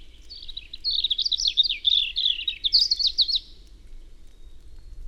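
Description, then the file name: European robin song, a quick rippling warble of high twittering notes running for about three seconds, then silence apart from faint low hum. "Erithacus rubecula"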